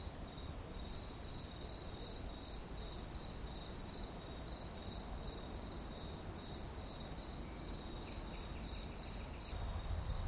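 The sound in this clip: Cricket chirping as a continuous thin high trill over a low rumbling background, with a brief fainter chirping near the end.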